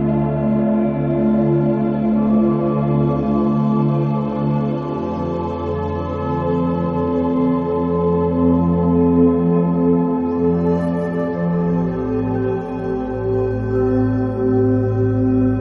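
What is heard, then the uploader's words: Steady layered humming tones hold evenly throughout, a low drone shifting pitch around twelve seconds, with soft bowl-like shimmer and faint airy hiss. BINAURAL BEATS.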